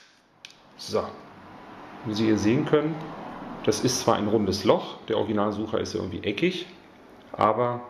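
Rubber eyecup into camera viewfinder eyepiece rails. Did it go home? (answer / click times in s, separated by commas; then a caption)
yes / 0.4 s. A Hoodman rubber eyecup with a metal inner ring, made for Nikon D300, D90, D60, D40 and similar cameras, is slid into the guide rails of the camera's viewfinder eyepiece and pushed firmly, giving a sharp click at about 0.5 s. The eyecup is then seated on the viewfinder, and someone talks for the rest of the clip.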